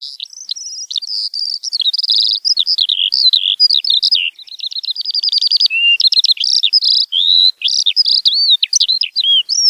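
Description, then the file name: Eurasian skylark song, a continuous rapid stream of high warbled, chirping and trilled notes with quick slurred whistles, running without pause throughout. "allodola"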